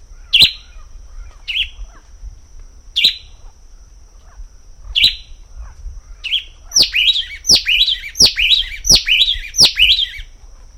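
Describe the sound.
Bird calls: sharp, high downward chirps, spaced at first, then quickening into a quick run of six calls near the end, over a steady high whine.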